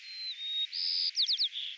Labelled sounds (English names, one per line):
White-crowned Sparrow song